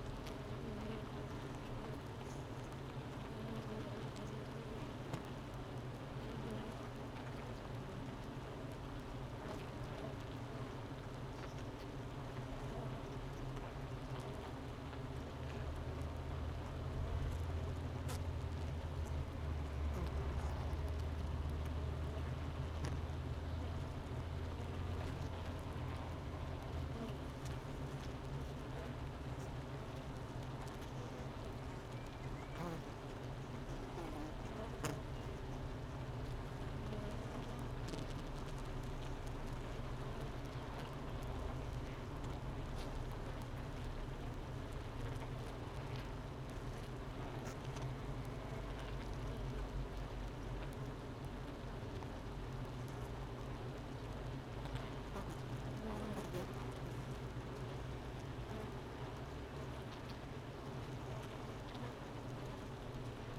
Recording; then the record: honeybee colony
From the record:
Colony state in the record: missing queen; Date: 31 May 2018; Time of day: 9:28